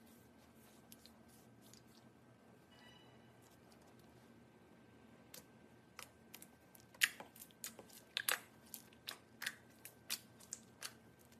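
Soap carving: a quiet stretch of faint scraping, then from about five seconds on a run of crisp, irregular cuts and crunches that grow louder and more frequent, each a short bright scrape. A low steady hum runs underneath throughout.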